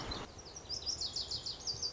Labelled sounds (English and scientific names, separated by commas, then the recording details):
Lazuli Bunting (Passerina amoena)
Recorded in Sonoma County, California